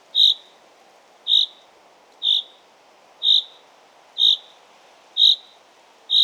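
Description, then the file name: Common chaffinch giving a steady run of seven crisp, clipped notes, roughly one per second, against faint background noise. "Fringilla coelebs"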